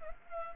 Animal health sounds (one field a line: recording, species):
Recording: mosquito wingbeat signal from an infrared sensor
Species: Culex pipiens